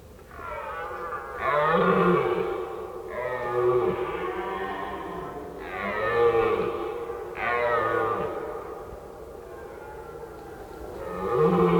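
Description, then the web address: Red deer stag roaring, several long, deep, harmonic roars in close succession, with fading tails between them. Red deer stag calling during the rut. "rotwild rothirschbrunft"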